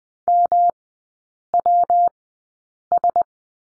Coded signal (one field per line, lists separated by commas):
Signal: Morse code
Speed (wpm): 20 wpm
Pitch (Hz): 700 Hz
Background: none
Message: MWS